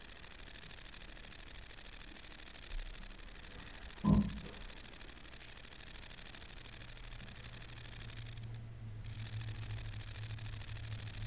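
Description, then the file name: Long-winged conehead song: a steady, very high, hissing buzz that pulses gently throughout, with a soft knock and a low hum partway through. "Conocephalus discolor"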